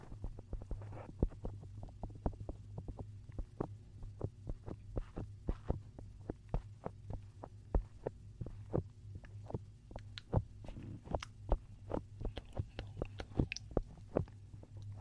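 Cotton wool rubs and dabs against an ear, producing a dense run of soft crackles and sharp little ticks scattered irregularly across the whole stretch. A steady low hum sits underneath throughout.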